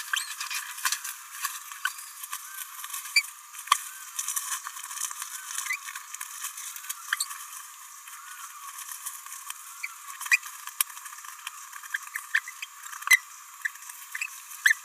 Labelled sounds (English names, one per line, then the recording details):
Green-rumped Parrotlet babbling
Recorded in a nest box in Venezuela
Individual 18B17A4